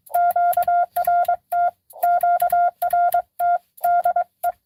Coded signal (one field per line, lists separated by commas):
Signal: Morse code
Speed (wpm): 23 wpm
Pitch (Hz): 700 Hz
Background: none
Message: QRT QRT DE